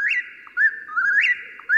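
Whip-poor-will song, loud whistled phrases repeated in quick succession against a quiet background.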